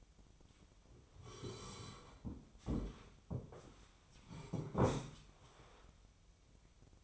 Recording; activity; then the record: daily activity, microphone in the room; sit down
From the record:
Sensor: 1